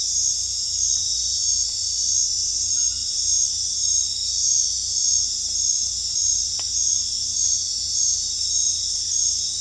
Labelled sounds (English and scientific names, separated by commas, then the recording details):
none
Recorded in dense forest near Puerto Asís, Putumayo, Colombia, on 18 December 2024 at 21:00
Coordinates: 0.484, -76.317
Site G026